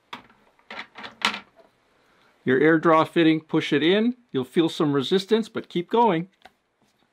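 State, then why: Seated. An air draw push fitting is pressed into an iron filter control valve, with a few short handling clicks and rattles in the first second and a half. Someone talks while the fitting is pushed in against resistance, and it snaps into place with a small, quiet click at 6.5 s, seated.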